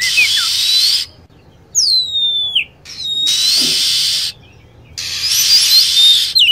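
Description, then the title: Lovebird calls: a few shrill, descending whistled notes, with long stretches of loud steady hiss before and after. Lure sound for attracting lovebirds. "PIKAT BURUNG LOVEBIRD"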